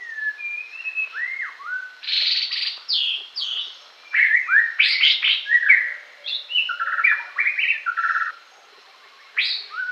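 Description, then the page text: White-rumped shama song: a rich, varied run of clear whistles, slurred notes and rapid buzzy trills, phrases following one another with brief pauses, ending in a short rising whistle. "White-Rumped Shama Song. Quick Sounds"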